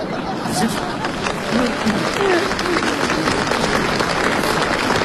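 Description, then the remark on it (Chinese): An audience applauds steadily, a dense wash of many hands clapping at once that holds at a fairly even, loud level for the whole stretch, with faint crowd murmur mixed in. “哎呀，朋友的掌声我明白了，啊，都理解了。”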